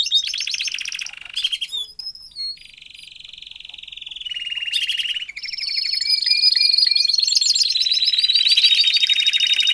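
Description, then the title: Domestic canary song alternating between buzzy trills and smooth sustained rolls, ending in a loud continuous high trill. Male Belgian canary singing a lot, used for training and warming up young canaries. "Canary Training Esquente Seu Filhote E Canario Belga Em 30 Minutos Macho Cantando Muito"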